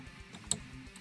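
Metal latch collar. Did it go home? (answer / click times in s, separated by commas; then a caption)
yes / 0.5 s. A steering wheel is put onto an NRG quick-release hub in a Datsun and twisted until the metal locking collar latches. Over a quiet, low background, one sharp, bright metallic click rings out at 0.5 s. The wheel locks in and is seated.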